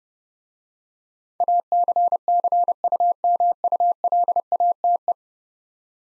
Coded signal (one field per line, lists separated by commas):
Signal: Morse code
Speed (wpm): 30 wpm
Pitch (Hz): 700 Hz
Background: none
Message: ACCUMULATE